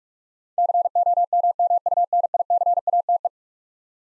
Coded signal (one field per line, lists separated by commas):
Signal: Morse code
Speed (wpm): 46 wpm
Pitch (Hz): 700 Hz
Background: none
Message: COMMUNICATE